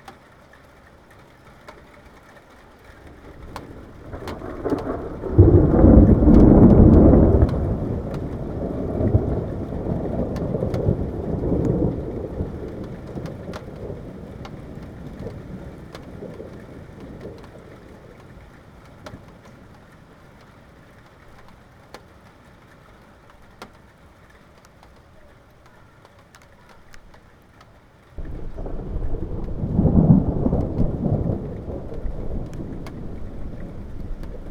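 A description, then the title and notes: A thunderstorm approaches, with a deep, loud roll of thunder peaking around five to seven seconds and rumbling away slowly until about twenty seconds. A second, lower rumble starts near twenty-eight seconds. Faint rain patters steadily underneath throughout. Listen to the beauty of the thunderstorm approaching.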